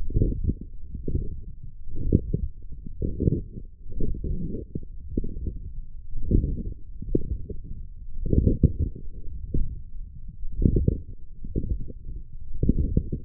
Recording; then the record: forearm muscle sounds (acoustic myography)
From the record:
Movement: forearm pronation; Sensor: system 1, eight BSWA MPA416 microphones around the upper forearm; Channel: 3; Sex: male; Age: 20 years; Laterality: left